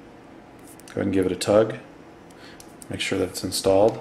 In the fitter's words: and insert until you hear it click